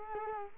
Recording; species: mosquito wingbeat signal from an infrared sensor; Culex quinquefasciatus